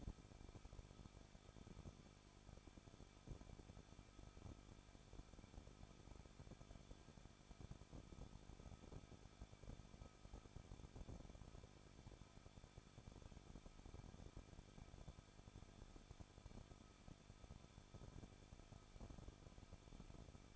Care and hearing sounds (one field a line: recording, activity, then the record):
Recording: daily activity, microphone in the room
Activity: no activity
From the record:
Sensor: 5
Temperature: 20.8 degrees Celsius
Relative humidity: 38.4%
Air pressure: 1006.5 hPa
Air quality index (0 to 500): 190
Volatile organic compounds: 19 ppm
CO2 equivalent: 2670 ppm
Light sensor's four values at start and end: 2/3/1/1 and 2/3/1/1